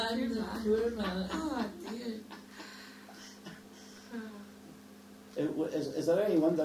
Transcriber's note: laughs